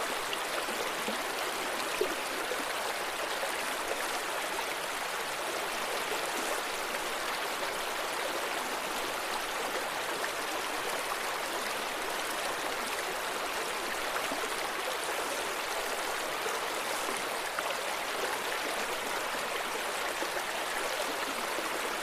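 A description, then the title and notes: Water bubbles and rushes over rocks in a steady, dense wash of sound that holds level for the whole stretch. The flow is bright, full of fine splashing and gurgling detail with little low rumble beneath it. Relaxing Stream Sounds | Bubbling Water Flowing Over Rocks. The sounds of water flowing over rocks at the end of this stream.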